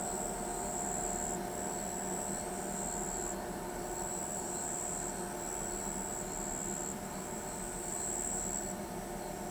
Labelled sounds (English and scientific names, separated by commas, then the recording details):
none
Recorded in pastures near Pivijay, Magdalena, Colombia, on 17 April 2023 at 23:00
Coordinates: 10.456, -74.369
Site P6-G026